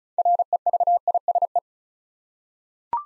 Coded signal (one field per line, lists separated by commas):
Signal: Morse code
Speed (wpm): 34 wpm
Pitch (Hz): 700 Hz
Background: none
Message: REVISE